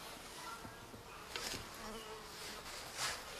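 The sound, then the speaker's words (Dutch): A male bee buzzes steadily in a net, its drone wavering in pitch and swelling louder in brief bursts. No one speaks. “Hier een, er zit mannetje. Iets in je net. Ja. Oh, je hoort hem.”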